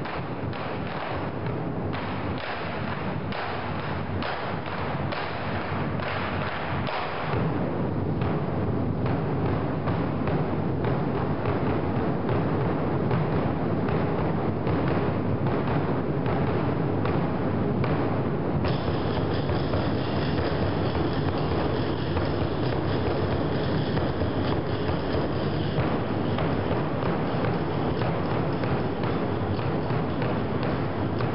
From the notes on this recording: The daily drum show concert in the Drum Tower of Xi'an, China